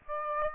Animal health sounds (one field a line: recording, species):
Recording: mosquito wingbeat signal from an infrared sensor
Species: Aedes aegypti